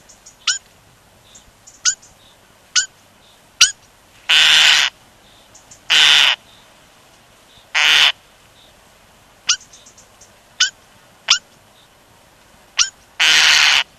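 European starling calls: sharp, thin ticking notes scattered throughout, interrupted by four loud, grating, hissy rasps, the first three about two seconds apart and the last after a longer gap.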